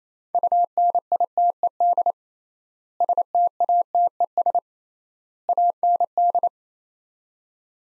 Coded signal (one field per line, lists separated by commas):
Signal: Morse code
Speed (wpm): 28 wpm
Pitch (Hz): 700 Hz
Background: none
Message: UNITED STATES AND